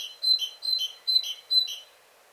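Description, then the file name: Great tit giving four quick double notes, a clear high ring then a lower note, repeated at a steady pace. "Parus major"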